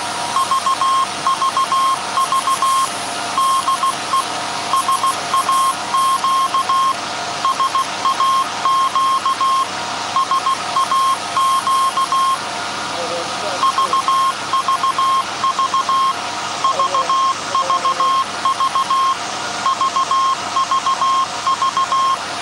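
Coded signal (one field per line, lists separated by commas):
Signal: Morse code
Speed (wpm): 16 wpm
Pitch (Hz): 1070 Hz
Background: none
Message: VVV DE SAQ SAQ SAQ VVV VVV VVV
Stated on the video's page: Live transmission of a message from SAQ Grimeton by the 1924 Alexanderson alternator, after startup and tuning, on Alexanderson Day.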